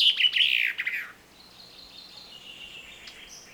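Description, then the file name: Common chaffinch, the loud close of a song, a burst of dropping notes lasting about a second, followed by quiet background. "Fringilla coelebs"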